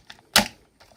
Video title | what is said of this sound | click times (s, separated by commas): GEARBEST 1/16 WPL-B Army Green Truck | sure it snaps into place so you're a lady lights are gonna flash looking for a signal and | 0.4 s